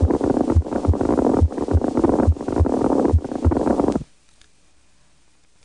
Mediastinal crunch. Movements of the heart can displace air when it is present in the mediastinum. When this happens, crunchy noises are produced.